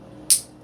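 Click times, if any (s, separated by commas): 0.3 s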